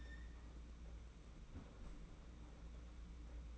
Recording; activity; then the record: daily activity, microphone in the room; close fridge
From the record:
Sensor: 1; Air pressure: 991.8 hPa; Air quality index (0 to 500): 205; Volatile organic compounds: 1000 ppm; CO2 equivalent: 7930 ppm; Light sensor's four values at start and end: 28/98/38/38 and 28/98/38/38